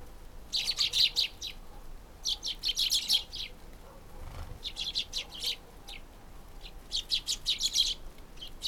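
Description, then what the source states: Sparrows chirping in rapid high-pitched bursts, several clusters separated by short pauses. Several sparrows in winter countryside.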